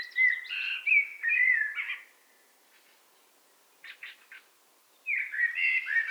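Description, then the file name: Eurasian blackbird: liquid, warbled fluting phrases, a few brief, sharp, high notes after a short pause, then another rich, melodious phrase. "Turdus merula"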